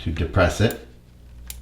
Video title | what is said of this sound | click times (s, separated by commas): Bambu Lab P1P: Unboxing + Setup +First Print - *Newest Version* - 3D Printer | till you hear the click. It will lock into place. | 1.5 s